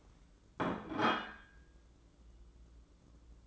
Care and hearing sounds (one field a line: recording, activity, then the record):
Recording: daily activity, microphone in the room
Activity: place plate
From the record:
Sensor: 3